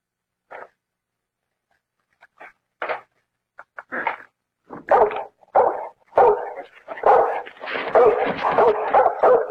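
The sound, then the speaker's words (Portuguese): A dog barks in short, sharp bursts that begin sparse and quickly build into rapid, nearly continuous loud barking with some yipping, no voices present. “Esse cachorro é uma besta! Esse cachorro é um cavalo! É um animal!”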